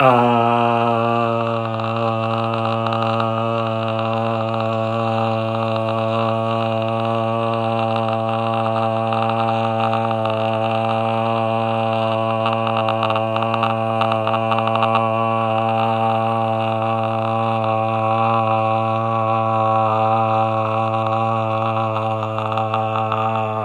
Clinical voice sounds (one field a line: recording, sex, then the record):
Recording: sustained vowel /a/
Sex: male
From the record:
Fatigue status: no fatigue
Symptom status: symptomatic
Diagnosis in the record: COVID-19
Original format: m4a